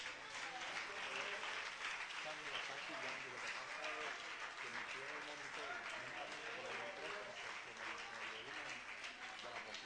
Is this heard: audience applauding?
yes